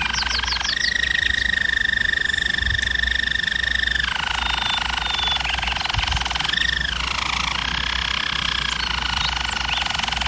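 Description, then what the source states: German Roller canary song: long rolling trills held at steady pitch, dropping lower at four seconds and rising again, with a constant low hum beneath. Canary training recording of a German Roller canary singing.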